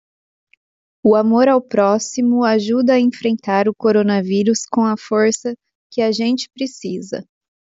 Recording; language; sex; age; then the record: spoken sentence; Brazilian Portuguese; female; 30 to 39 years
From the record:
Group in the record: control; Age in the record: 37 years